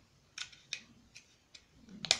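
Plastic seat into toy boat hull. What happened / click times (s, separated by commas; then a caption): The plastic piece snapped into place / 2.1 s. A plastic seat piece from a Playmobil 9105 Fairy Boat Carrying Case is pressed into the toy boat hull. A few light plastic taps sound along the way, then a sharp, bright snap at 2.1 s as the seat clicks into place. The seat is seated.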